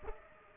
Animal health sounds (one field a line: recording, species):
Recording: mosquito wingbeat signal from an infrared sensor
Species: Culex pipiens